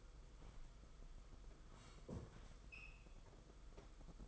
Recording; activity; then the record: daily activity, microphone in the room; sit down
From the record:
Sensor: 5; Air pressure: 990.7 hPa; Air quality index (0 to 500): 150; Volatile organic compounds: 161 ppm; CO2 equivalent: 4069 ppm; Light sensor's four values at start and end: 42/128/49/53 and 42/129/49/53